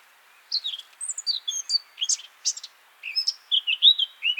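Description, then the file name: Eurasian blackcap song, a quick varied warble of high chattering and whistled notes, ending in clearer fluty phrases that slide downward. "Sylvia atricapilla"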